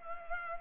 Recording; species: mosquito wingbeat signal from an infrared sensor; Culex pipiens